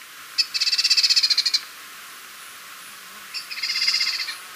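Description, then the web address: Grass-green tanager chattering in two rapid stuttering bursts, the first about a second long, the second slightly shorter and softer, with a quiet pause between. Recorded in Ecuador. "Birds of Ecuador. Grass-green Tanager"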